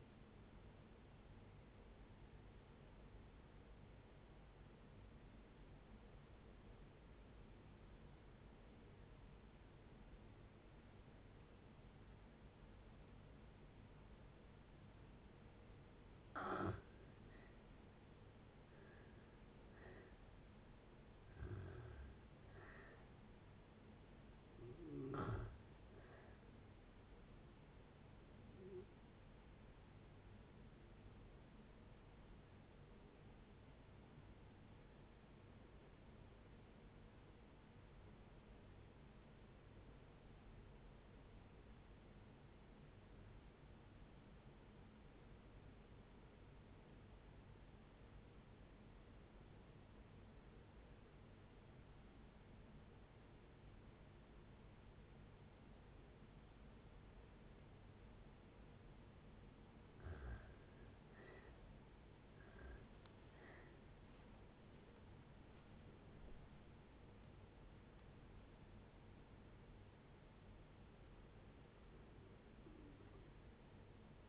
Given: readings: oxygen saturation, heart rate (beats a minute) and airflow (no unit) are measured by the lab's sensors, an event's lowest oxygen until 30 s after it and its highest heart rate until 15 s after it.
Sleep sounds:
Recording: breathing in sleep by a voice recorder at the bedside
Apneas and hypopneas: 2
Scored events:
3.00-20.10 s: obstructive apnea (N1, oxygen 92% highest, then 76% lowest, heart rate 69 at the start, 75 highest)
33.00-60.70 s: obstructive apnea (N1, oxygen 95% highest, then 72% lowest, heart rate 63 at the start, 83 highest)
From the record:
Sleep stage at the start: N1 (lightest sleep)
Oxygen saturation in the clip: 76 to 95%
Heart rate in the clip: 57 to 83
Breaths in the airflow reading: 9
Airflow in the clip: -13.6 to 15.8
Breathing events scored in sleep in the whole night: 496 in 5.4 hours asleep

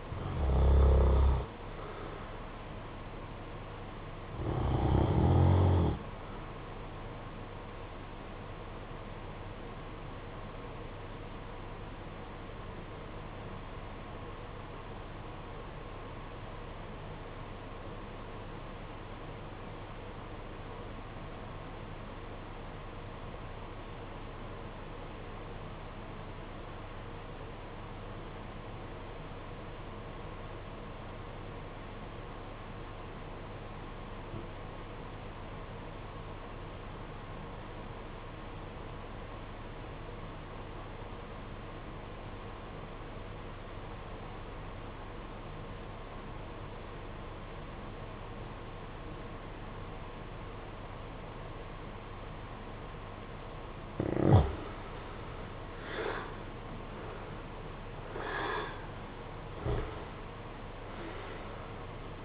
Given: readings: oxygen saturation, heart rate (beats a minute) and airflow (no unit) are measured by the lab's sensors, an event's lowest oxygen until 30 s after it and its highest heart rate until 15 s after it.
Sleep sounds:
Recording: breathing in sleep by a voice recorder at the bedside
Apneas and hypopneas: 1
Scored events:
11.00-54.10 s: obstructive apnea (REM, oxygen 96% highest, then 75% lowest, heart rate 54 at the start, 80 highest)
From the record:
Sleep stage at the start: REM sleep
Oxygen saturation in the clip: 76 to 96%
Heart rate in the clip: 52 to 80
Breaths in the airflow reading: 5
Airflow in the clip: -18.0 to 14.3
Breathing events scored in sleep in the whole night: 476 in 9.7 hours asleep

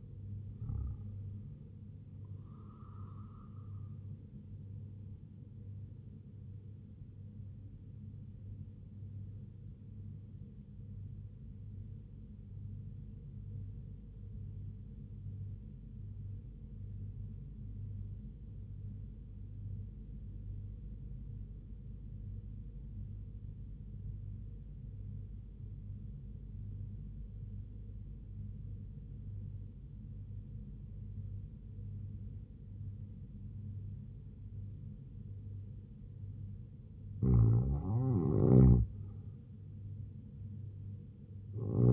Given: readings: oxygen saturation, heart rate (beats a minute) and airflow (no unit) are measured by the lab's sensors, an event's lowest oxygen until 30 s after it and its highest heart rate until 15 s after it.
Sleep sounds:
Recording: breathing in sleep by a smartphone at the bedside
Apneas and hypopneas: 1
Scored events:
5.00-37.90 s: hypopnea (REM, oxygen 100% highest, then 93% lowest, heart rate 72 at the start, 84 highest)
From the record:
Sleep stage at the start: REM sleep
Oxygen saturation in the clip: 94 to 100%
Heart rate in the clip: 69 to 79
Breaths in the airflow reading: 8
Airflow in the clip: -2.9 to 3.1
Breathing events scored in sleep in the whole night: 158 in 7.3 hours asleep

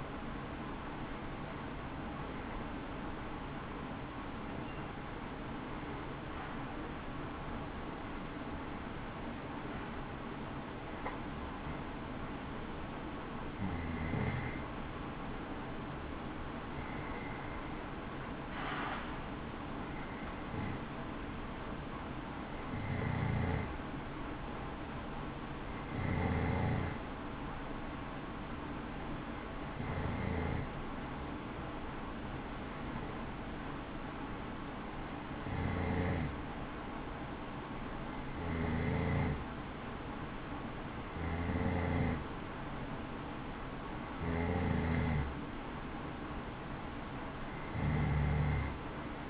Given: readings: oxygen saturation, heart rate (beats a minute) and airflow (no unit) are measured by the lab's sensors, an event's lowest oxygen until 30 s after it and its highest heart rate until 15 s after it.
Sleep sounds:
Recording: breathing in sleep by a voice recorder at the bedside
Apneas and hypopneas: 1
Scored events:
6.00-20.90 s: hypopnea (N1, oxygen 95% highest, then 93% lowest, heart rate 67 at the start, 67 highest)
11.00-49.30 s: new sleep stage, N2 (light sleep)
From the record:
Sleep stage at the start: N1 (lightest sleep)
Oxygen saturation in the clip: 92 to 95%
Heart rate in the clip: 60 to 80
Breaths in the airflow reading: 16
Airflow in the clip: -6.6 to 7.9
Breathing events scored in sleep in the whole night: 216 in 7.0 hours asleep

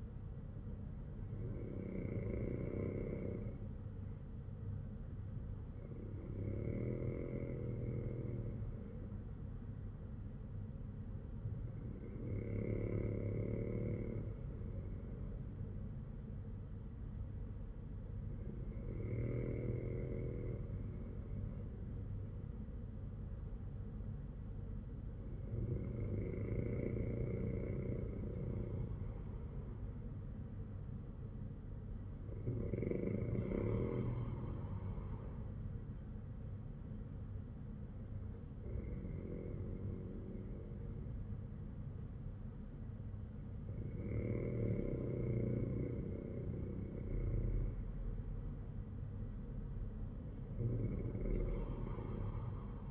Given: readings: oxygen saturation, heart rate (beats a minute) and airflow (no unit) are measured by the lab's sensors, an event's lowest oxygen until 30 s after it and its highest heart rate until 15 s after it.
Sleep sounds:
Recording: breathing in sleep by a smartphone at the bedside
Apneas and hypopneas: none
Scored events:
none scored
From the record:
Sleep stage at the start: N2 (light sleep)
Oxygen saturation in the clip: 96 to 97%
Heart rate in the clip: 52 to 59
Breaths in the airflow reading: 9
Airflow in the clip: -7.3 to 7.6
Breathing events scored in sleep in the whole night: 182 in 7.4 hours asleep

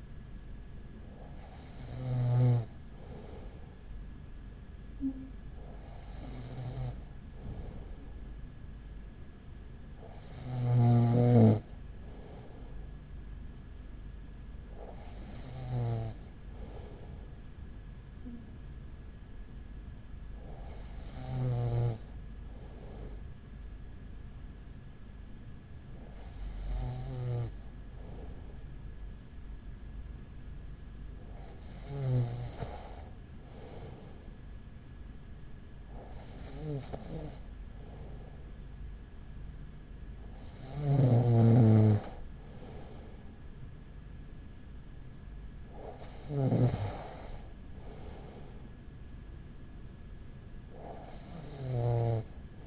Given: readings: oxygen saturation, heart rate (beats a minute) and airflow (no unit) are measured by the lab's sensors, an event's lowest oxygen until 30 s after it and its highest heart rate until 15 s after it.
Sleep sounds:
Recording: breathing in sleep by a smartphone at the bedside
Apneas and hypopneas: none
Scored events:
none scored
From the record:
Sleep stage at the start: N2 (light sleep)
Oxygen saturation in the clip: 95%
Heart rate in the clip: 38 to 42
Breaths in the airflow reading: 10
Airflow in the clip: -5.4 to 5.2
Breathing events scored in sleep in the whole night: 207 in 7.6 hours asleep

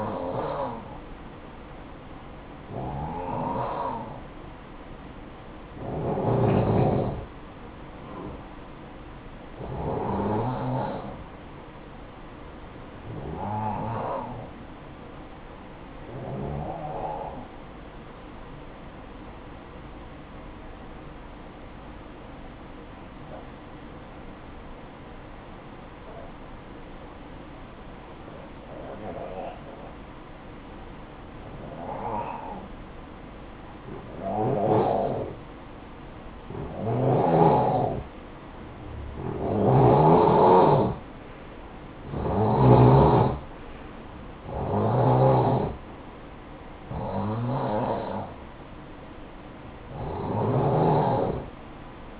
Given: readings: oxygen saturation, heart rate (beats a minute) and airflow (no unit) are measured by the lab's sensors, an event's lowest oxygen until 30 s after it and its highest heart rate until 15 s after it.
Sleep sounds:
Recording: breathing in sleep by a voice recorder at the bedside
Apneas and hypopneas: 1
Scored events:
16.00-39.90 s: hypopnea (N2, oxygen 94% highest, then 88% lowest, heart rate 62 at the start, 67 highest)
From the record:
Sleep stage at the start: N2 (light sleep)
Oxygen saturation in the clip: 89 to 94%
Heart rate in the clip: 54 to 67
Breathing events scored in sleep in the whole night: 573 in 9.8 hours asleep

